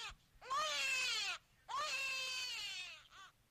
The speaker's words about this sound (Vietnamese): Lúc chị định quay đầu lên trên nhà thì bất ngờ đâu đó, có tiếng trẻ con khóc choe choé vang lên, loanh quanh vất vưởng ở đây, làm cho chị bất giác rùng mình, dựng cả tóc gáy.